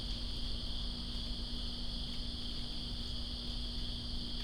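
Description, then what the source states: Crickets produce a steady, ringing high chorus, accompanied by rain hiss and a faint low hum. In rain, Greensboro, 2017-09-02.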